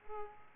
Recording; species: mosquito wingbeat signal from an infrared sensor; Aedes aegypti